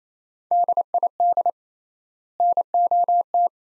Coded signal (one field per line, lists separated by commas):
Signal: Morse code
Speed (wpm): 28 wpm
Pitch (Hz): 700 Hz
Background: none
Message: DID NOT